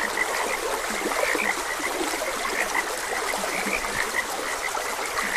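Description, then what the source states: Frogs croaking: quick high notes scattered throughout, with occasional low croaks beneath, and steady trickling water throughout. Frogs croaking beside a gentle stream.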